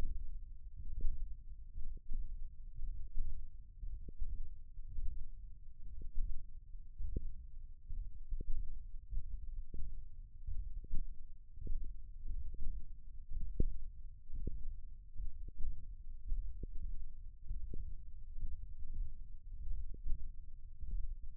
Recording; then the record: forearm muscle sounds (acoustic myography)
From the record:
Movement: index flexion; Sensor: system 1, eight BSWA MPA416 microphones around the upper forearm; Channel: 6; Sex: male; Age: 23 years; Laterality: right